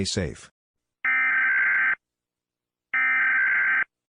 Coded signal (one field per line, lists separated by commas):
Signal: Emergency Alert System (SAME) tones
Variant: header bursts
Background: speech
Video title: EAS Scenario │ Paranoia